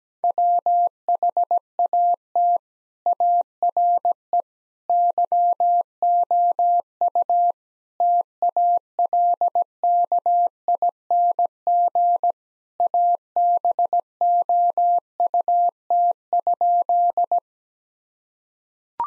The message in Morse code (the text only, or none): WHAT ARE YOU TALKING ABOUT?